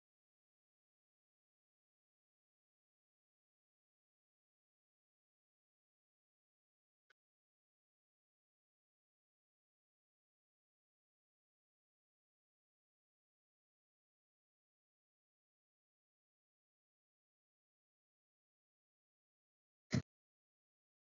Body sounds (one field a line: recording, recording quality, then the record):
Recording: deep breathing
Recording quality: poor, much background noise or distortion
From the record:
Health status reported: COVID-19 positive, no symptoms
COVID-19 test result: positive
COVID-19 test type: RT-PCR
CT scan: not taken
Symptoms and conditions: cold, fatigue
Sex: female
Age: 26 years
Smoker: no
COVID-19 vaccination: both doses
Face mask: not worn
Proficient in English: yes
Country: India